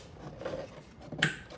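A small plastic cable holder clip is pressed back into its mount on the engine air filter housing of a 2020–2023 Mercedes GLE 350. After quiet low handling noise, a sharp, short click at 1.2 s shows the clip snapping into place and seating.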